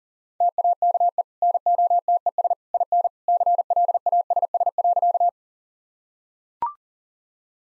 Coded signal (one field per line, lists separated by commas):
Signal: Morse code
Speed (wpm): 40 wpm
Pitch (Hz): 700 Hz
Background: none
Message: TAKE NOTES IN CLASS.